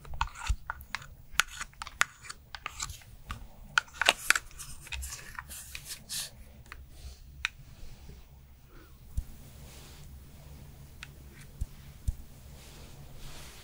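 A Korean skincare routine, heard as quick, crisp taps, clicks and crunchy crinkling that come thick and fast for the first eight seconds, then thin out to occasional sharp clicks. A steady low hum runs underneath throughout.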